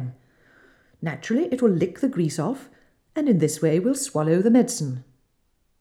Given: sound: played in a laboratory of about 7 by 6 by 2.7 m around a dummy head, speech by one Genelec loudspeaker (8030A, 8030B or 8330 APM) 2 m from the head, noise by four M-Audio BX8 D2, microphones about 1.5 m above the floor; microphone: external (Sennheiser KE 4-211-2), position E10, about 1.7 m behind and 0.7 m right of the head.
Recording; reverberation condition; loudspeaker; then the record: female speech in English; medium; 150 degrees to the right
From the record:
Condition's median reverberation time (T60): about 510 ms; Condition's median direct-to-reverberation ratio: about -0.5 dB